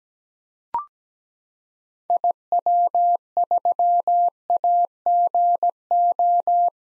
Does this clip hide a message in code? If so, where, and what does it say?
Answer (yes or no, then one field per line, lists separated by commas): yes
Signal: Morse code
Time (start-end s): 2.1-6.7 s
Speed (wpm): 17 wpm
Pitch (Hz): 700 Hz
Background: none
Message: IW3AGO